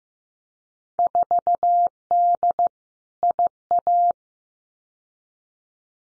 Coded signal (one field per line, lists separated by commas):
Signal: Morse code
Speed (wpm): 15 wpm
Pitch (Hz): 700 Hz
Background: none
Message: 4D IA